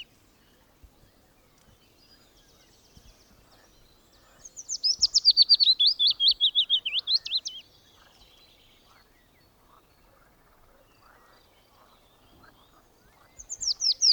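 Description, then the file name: Willow warbler singing a descending cascade of whistled notes lasting about three seconds, then quiet, and a new phrase starts near the end. "pouillotfitis"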